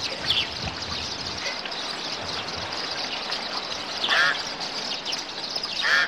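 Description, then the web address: Bird calls: a faint nasal note early on, then two louder harsh quacking calls near the end, with a constant high hiss behind. "audio animali uccelli 05 uccelli birds 01"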